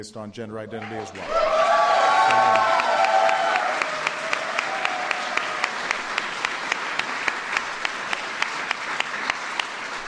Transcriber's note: applause